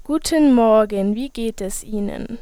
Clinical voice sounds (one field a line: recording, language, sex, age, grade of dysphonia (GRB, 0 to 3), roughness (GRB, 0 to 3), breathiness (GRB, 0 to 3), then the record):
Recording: spoken sentence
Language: German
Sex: female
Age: 20 to 29 years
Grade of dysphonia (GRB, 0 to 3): 0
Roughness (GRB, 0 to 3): 0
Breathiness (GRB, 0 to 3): 0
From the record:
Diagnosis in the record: healthy voice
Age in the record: 20 years